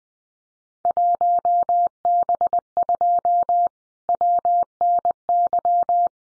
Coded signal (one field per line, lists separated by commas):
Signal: Morse code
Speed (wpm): 20 wpm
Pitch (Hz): 700 Hz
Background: none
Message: 1B2 WNY